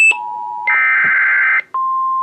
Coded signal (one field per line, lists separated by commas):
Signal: Emergency Alert System (SAME) tones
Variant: header bursts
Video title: NOAA Radio (EAS # 542) River Flood Warning With TFT & Endec Relay! 12/27/18